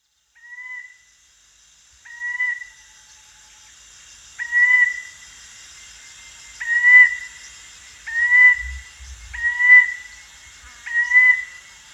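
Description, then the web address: Dark-throated Oriole giving short, clear whistled notes, several in a row at intervals of about one and a half to two seconds, over a steady high hum, with brief low thumps near the end. Recorded at Danum, Borneo, on 1 January 2008. "DANUM 20080101. dark-throated oriole"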